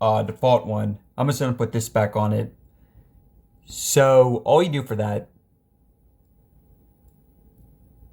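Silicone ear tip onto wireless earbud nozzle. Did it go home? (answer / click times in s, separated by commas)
no / none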